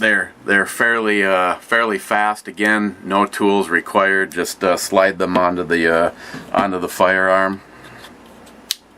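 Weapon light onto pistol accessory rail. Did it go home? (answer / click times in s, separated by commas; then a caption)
yes / 8.7 s. Someone talks for most of the clip, then a pistol weapon light is slid by hand, with no tools, onto the firearm's accessory rail. One sharp snap is heard at 8.7 s as the light clicks and locks into place on the rail.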